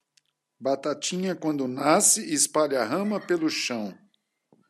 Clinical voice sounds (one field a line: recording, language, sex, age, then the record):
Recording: short text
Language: Brazilian Portuguese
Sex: male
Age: 50 to 59 years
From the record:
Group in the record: control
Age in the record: 57 years